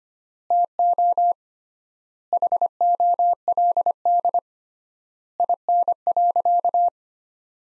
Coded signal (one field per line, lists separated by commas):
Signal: Morse code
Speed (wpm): 25 wpm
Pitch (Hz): 700 Hz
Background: none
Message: TO HOLD IN.